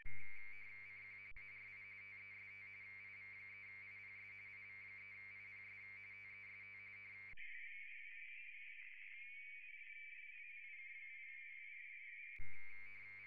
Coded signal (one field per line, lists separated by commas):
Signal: RTTY